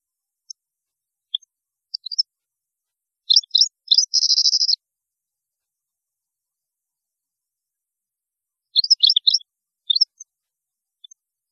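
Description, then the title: European goldfinch giving scattered chirps, then a burst of twittering notes with a buzzy trill, and later another short twittering phrase. "Chant Chardonneret"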